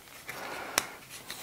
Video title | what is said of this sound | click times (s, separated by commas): Edison Model Calendar - Perpetual Calendar Wooden Construction Kit - Build & Review | that was satisfying click | 0.8 s